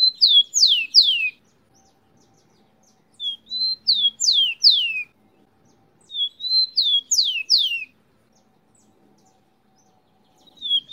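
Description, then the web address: Rufous-collared sparrow delivering its short song, gentle whistled opening and descending slurred notes, repeated three times with a fourth phrase just beginning at the end. Local name tico tico. "lucas passarinho"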